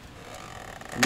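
The shifter console trim panel in a C6 Corvette center console is tilted up and pulled back, with low rustling and faint ticks at 0.8 s before a sharp, loud pop at 1.0 s. The panel's plastic retaining clips pop free and release from the console.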